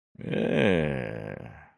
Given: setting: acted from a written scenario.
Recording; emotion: vocal sound without words; desire